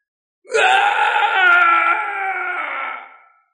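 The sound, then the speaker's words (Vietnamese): A demon king shrieks in despair: a single anguished scream rings out alone, loud and high-pitched, held for about two and a half seconds with a slight waver before trailing off. “Quỷ vương rít lên thảm thiết, nửa người dưới vẫn ăn thông với cái đỉnh.”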